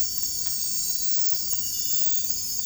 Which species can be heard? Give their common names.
none